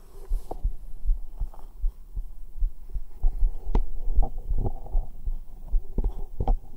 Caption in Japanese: 生肌心音。